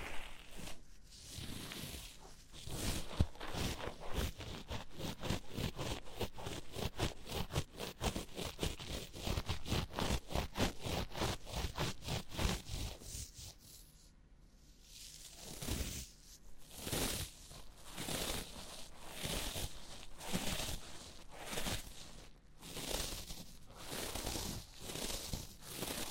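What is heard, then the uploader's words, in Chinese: Gloves of several kinds rub and scrape together in quick, steady strokes, a dense run of crisp, bright rasping for the first fourteen seconds. After a brief near-silent pause around fourteen seconds, slower, separated rubs and swishes follow, with short gaps between them. 多種手套的摩擦觸發音。Glove trigger for relaxing。NO Talking。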